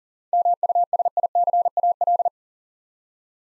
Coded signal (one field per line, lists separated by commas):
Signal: Morse code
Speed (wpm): 39 wpm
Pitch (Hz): 700 Hz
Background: none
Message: MUSICAL